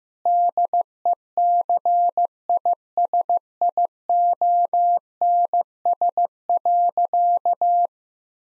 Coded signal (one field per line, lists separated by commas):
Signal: Morse code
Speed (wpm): 15 wpm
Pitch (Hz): 700 Hz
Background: none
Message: DECISIONS.